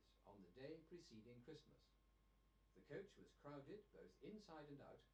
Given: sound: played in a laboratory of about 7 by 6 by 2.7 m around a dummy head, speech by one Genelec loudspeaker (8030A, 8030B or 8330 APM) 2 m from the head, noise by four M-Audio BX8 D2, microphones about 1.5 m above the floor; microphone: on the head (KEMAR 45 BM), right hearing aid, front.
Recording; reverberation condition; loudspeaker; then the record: male speech in English; low; 60 degrees to the left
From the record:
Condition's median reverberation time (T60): about 310 ms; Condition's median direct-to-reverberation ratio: about 3.5 dB